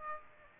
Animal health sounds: mosquito wingbeat signal from an infrared sensor; Aedes aegypti

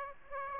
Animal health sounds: mosquito wingbeat signal from an infrared sensor; Aedes aegypti

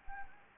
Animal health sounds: mosquito wingbeat signal from an infrared sensor; Anopheles gambiae

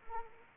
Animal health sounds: mosquito wingbeat signal from an infrared sensor; Anopheles arabiensis

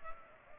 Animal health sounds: mosquito wingbeat signal from an infrared sensor; Culex pipiens

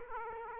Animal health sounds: mosquito wingbeat signal from an infrared sensor; Aedes aegypti

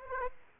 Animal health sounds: mosquito wingbeat signal from an infrared sensor; Aedes aegypti

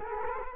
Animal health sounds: mosquito wingbeat signal from an infrared sensor; Culex quinquefasciatus

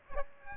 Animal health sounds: mosquito wingbeat signal from an infrared sensor; Aedes aegypti

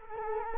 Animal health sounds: mosquito wingbeat signal from an infrared sensor; Culex quinquefasciatus

